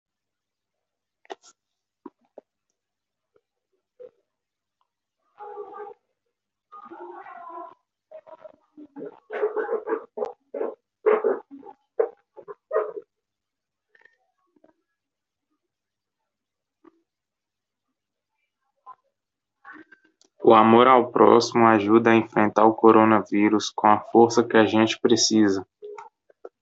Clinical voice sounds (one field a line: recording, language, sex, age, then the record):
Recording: spoken sentence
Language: Brazilian Portuguese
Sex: male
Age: 20 to 29 years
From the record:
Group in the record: control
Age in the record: 26 years